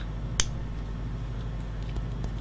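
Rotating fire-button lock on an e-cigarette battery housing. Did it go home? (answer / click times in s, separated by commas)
yes / 0.4 s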